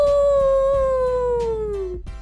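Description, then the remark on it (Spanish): A wolf pup's drawn-out howl, a single steady tone that slowly slides downward in pitch for about two seconds before breaking off, heard alone over a low background hum. “Los lobeznos también.”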